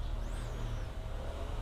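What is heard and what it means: A power window switch button is held lined up above its switch housing and slowly inserted by hand, to be pressed home later. Only a steady low rumble and hum is heard throughout. Nothing has seated or clicked yet.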